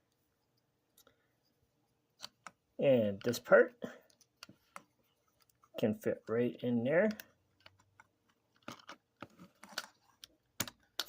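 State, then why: Seated. A recreated plastic part for an old transforming robot toy is pressed into its recess in the toy body while someone talks, with small scattered taps and handling noises in between. Two sharp clicks at 10.6 s and 11.0 s mark the part snapping into place, seated.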